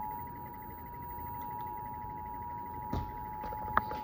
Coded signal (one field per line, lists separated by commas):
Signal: Emergency Alert System (SAME) tones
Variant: 853 and 960 Hz attention tone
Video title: Severe Thunderstorm Warning EAS (Cox) 6/27/2025